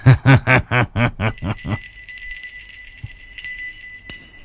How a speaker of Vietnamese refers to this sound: Tiêu Trung lạnh giọng vung vẩy cái chuông.